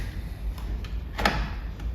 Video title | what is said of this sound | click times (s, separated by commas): We Put a Thundermax tuner on our 2024 CVO ST! | click it in, | 1.3 s